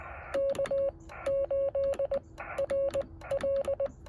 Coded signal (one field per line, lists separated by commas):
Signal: Morse code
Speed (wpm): 19 wpm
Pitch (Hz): 550 Hz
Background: radio noise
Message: K8RL